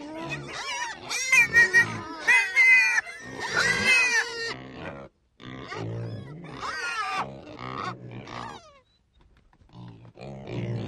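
Pig squeals: loud, harsh, wavering squeals in irregular bursts, with brief silent gaps between outbursts.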